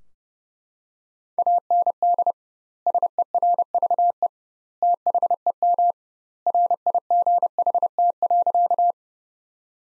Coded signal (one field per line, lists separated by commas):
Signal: Morse code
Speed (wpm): 32 wpm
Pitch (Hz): 700 Hz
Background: none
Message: AND SERVE THEM RIGHT.